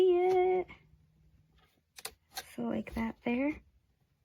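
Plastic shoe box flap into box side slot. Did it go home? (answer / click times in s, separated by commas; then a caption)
no / none. Someone talks while handling the flap connector of a clear plastic stackable shoe box at the slot in the box side, with a few brief light taps near 2.0 and 2.4 seconds. The flap has not snapped into place yet; nothing has seated or clicked.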